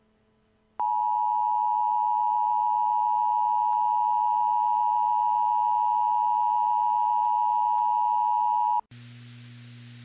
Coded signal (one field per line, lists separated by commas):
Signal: Emergency Alert System (SAME) tones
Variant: 853 and 960 Hz attention tone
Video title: EAS: Civil Emergency Message in South Carolina